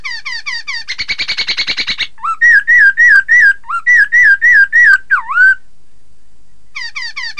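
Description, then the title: Laughingthrush song: quick chirps and a buzzy rattle, then a loud whistled phrase repeated many times, closing with one deep swooping note and, after a pause, more chirps. "Suara Kicau Burung Poksay"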